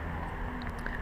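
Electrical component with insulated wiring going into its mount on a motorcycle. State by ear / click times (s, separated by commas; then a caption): not seated / none. On a Kasinski Mirage 250 motorcycle, an electrical part with insulated wiring is repositioned and pushed toward its mount. Over a steady low background hum, a few small handling knocks are heard at about 0.7, 0.9 and 1.0 seconds. Nothing has seated or clicked yet, and the part fails to fit into its mount properly.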